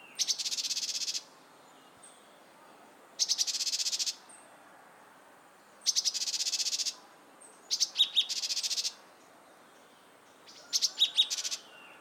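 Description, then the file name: Great tit giving five dry, buzzy rattles about a second long, repeated every few seconds, the later ones starting with sharp ticks. "Parus major"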